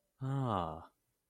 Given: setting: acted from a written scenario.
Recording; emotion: vocal sound without words; realization